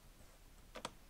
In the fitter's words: je le pousse claque chantant petit clic je